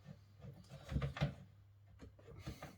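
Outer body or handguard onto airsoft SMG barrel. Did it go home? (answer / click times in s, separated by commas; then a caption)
no / none. An outer body or handguard is slid back over the barrel of an airsoft SMG (ASG Scorpion Evo CZ), moving into position, and nothing has seated or clicked yet; it locks home only later. Low scraping and sliding sounds build to brief knocks near 1.0 and 1.2 seconds, then fainter handling noise follows with a small tap near 2.6 seconds.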